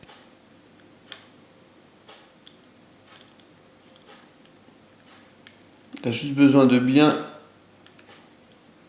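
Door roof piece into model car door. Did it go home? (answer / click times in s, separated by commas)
no / none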